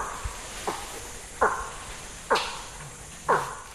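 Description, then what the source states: Putty-nosed Monkey alarm calls: a few short, falling calls about once a second over a steady background hiss. Alarm calls given when an eagle approaches.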